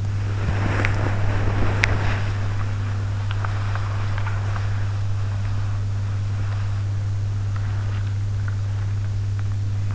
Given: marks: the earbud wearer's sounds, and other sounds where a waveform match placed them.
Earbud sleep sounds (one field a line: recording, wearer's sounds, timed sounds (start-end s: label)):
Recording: sounds in sleep by an in-ear microphone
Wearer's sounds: body movement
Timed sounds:
0.39-9.95 s: body movement